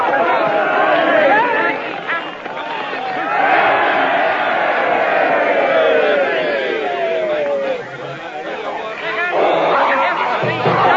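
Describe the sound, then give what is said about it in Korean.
A large crowd at a running race cheers and shouts continuously as a runner reaches the finish line first, a dense roar of many voices with rising and falling excited calls that stays loud throughout. “환호하는 관중들.”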